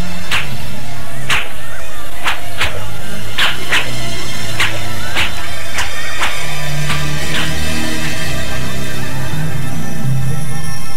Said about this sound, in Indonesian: Sesaat terjangan keempat tokoh sakti itu terhenti dan kembali mereka disibuki oleh hujan anak panah yang menyerang bagaikan hujan.